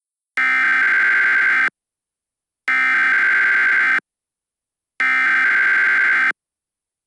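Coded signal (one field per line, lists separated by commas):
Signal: Emergency Alert System (SAME) tones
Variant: header bursts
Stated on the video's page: Fictional EAS scenario about a catastrophic eruption following New Madrid–type earthquakes.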